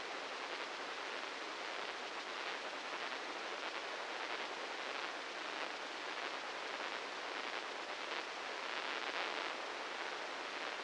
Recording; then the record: brain microelectrode recording played as sound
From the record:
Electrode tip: inside the subthalamic nucleus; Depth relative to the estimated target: -1 mm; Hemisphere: left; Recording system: NeuroSet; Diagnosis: Parkinson's disease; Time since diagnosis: 15 years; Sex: male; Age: 65 years